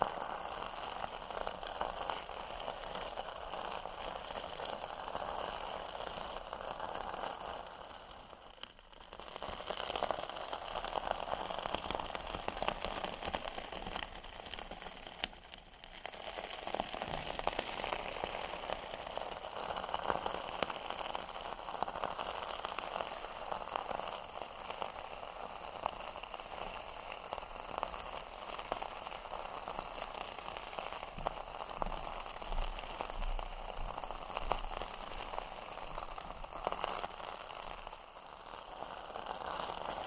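Metal scrubbers are crunched, rolled and squeezed in a dense, continuous crinkling that stays bright and busy throughout. Brief pauses near 9 and 16 seconds break the texture before the scratchy rustling resumes at a steady level, with faint low rumbles underneath.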